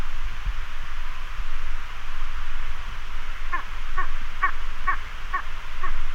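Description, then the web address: Spanish imperial eagle giving a series of short barking calls, about two per second, starting midway, over steady low background rumble. "Spaanse keizerarend Aquila adalberti"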